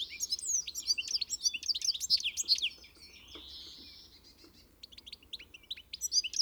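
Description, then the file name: European goldfinch giving rapid, tinkling high twitters in quick bursts, a smoother drawn-out note midway, then scattered chirps resuming toward the end. "Carduelis carduelis"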